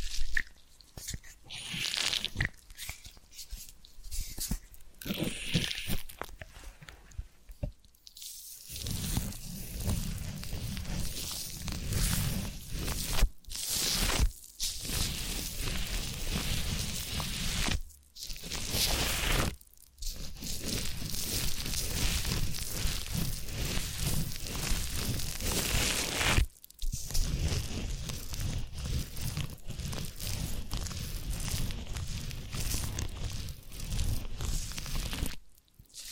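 Massage and ear cleaning sounds: dense rubbing, rustling and crunchy friction that runs nearly continuously, with short silences around 8, 14, 18, 20, 26 and 35 seconds. The scratchy texture shifts in brightness, sometimes deeper and muffled, sometimes crisp and tearing.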